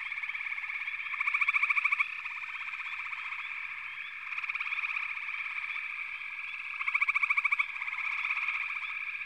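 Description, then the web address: Frog chorus, a dense continuous trill with bursts of louder pulsed croaking swelling every few seconds, plus scattered short chirps above. "Natures Songs Sleep Sounds of Nature FROGS Frog Chorus"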